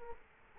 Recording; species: mosquito wingbeat signal from an infrared sensor; Culex quinquefasciatus